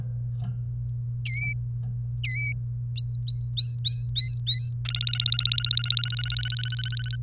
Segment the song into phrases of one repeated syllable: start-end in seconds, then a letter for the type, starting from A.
1.25-1.53 A, 2.24-2.52 A, 2.96-4.71 B, 4.85-7.16 C